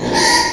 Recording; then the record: squeal of a Yucatan mini pig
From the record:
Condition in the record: before surgery on the right vocal fold (resection and tissue-engineered implant); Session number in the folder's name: 1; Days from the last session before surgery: -3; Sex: male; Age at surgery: 12 weeks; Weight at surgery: 13 kg